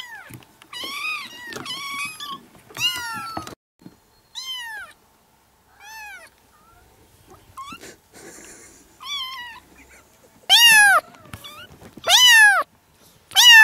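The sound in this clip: Domestic cat: kittens meowing, many high, arching harmonic-rich mews in bursts, some rising then falling, louder calls near the end.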